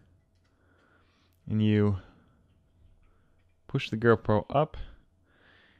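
Someone talks while a GoPro Hero 4 Black action camera is pushed up into a 3D-printed plastic frame case, before it is slid back to lock. Nothing has seated or clicked yet.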